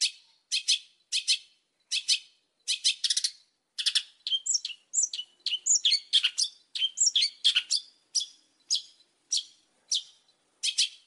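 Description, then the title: Oriental magpie-robin singing a steady run of short, bright chirped and whistled notes, some doubled, with brief gaps between them throughout. Whistled song of a highly vocal Oriental magpie-robin, used as a lure to draw other magpie-robins into answering. "Pancingan Suara Siulan Kacer Gacor Mantap Untuk Memancing Kacer Lain Agar Mau Nyaut Bunyi"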